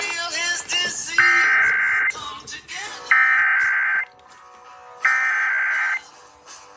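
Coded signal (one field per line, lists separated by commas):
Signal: Emergency Alert System (SAME) tones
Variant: header bursts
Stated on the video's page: Required monthly test of the Indiana system aired by an FM station, relayed before another FM station.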